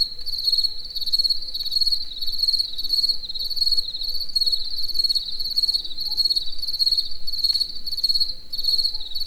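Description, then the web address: Cricket chirping: a steady high trilling band broken into rapid pulsed chirps that repeat throughout, with a faint low rumble underneath. Cricket in nature in the evening near the Eger tourist house. "allathangok termeszetben tucsok estefele egerturistahaz"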